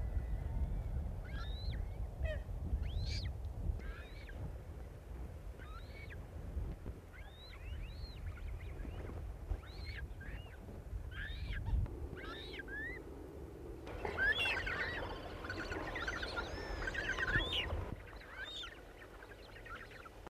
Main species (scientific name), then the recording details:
Fulica cristata. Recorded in captivity. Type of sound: call. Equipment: Halbspur, 9,5 cm/s. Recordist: Lütgens, Hans. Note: Mit flüggen Jungen. Ortsansage nicht nachvollziehbar